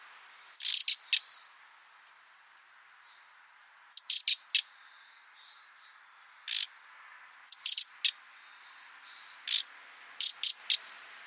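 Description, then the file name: Common nightingale calls: a high thin note followed by several harsh clicks, repeated in groups, with further clicks between. "Luscinia megarhynchos"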